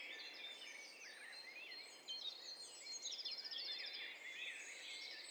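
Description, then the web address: Bird songs overlapping as a busy chorus, with swooping whistles, sharp chips and a fast buzzy trill rising out of the mix near the middle. Overlapping mix of several birds, hi-fi stereo, from a bird cocktail party challenge test set. "Hi Fi STEREO BIRD COCKTAIL PARTY Challenge SBCP TESTSET"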